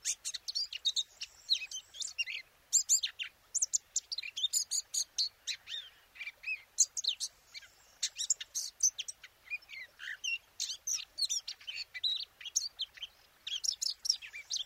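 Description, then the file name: Eurasian blackcap song, a long chattering warble of fast varied chirps and whistles, with short gaps between bursts. "Sylvia atricapilla"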